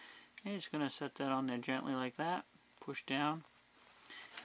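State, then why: Seated. A plastic battery cover is set back onto a voltage tester pen and pushed down into the tester body while someone talks. Its clip pops into place with a sharp click at 4.4 s, and the cover locks back in.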